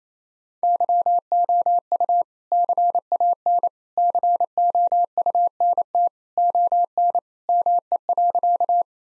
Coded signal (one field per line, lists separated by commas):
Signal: Morse code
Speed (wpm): 28 wpm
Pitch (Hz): 700 Hz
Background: none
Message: YOU CAN COUNT ON ME.